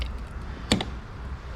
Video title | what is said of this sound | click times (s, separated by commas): how to remove the glass from your vehicle mirror | and pry it you hear it pop you can just hold that right there right inside here we get release | 0.7 s